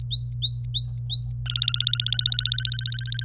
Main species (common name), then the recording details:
Domestic Canary. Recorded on 26 April 2018 at 11:48. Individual llb3